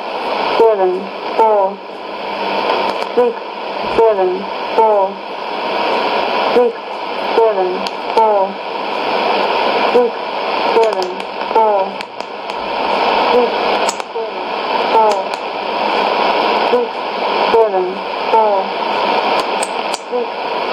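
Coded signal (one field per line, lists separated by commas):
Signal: numbers station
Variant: E17z English Lady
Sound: a woman's voice reading short, evenly spaced words through heavy shortwave hiss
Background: radio static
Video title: 27 07 2017 Numbers station E17z English Lady in English to Eu 0810 on 12850 unknown tx site in CUSB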